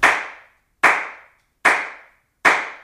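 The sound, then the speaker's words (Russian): Four slow, loud, sharp hand claps from a man applauding sarcastically while leaning against a door frame, spaced evenly about a second apart, each with a crisp attack and a short ringing tail, with no voices. “Позади меня раздались редкие, но громкие и отчетливые хлопки.”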